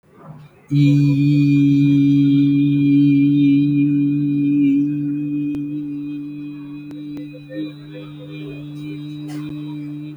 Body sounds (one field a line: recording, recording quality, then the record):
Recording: sustained vowel as in beet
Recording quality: excellent, no background noise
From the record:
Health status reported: healthy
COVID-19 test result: not tested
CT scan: not taken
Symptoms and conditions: none ticked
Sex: male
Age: 21 years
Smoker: no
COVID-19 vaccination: both doses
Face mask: not worn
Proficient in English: yes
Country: India